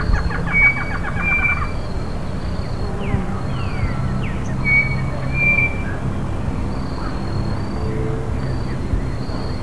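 Bird calls: short whistled notes and downslurred chirps scattered over a steady low rumble of background noise.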